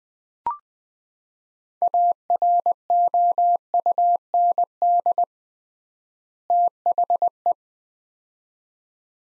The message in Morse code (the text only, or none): AROUND THE